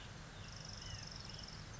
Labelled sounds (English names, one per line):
White-breasted Nuthatch